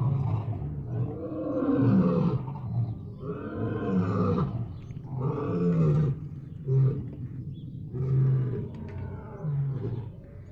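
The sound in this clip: Lion moaning, a deep, rough, drawn-out groaning call repeated several times with a low rumbling undertone.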